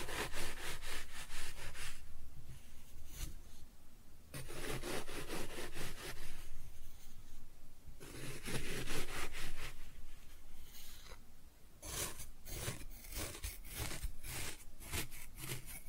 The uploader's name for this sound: Kinetic Sand Cutting and Scooping Sounds